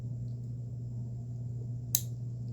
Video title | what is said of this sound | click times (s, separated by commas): Friday Night Hangout & Jewelry Tutorial | them towards each other so that they click so that was the click I'm going to stop talking looking there's the click | 1.9 s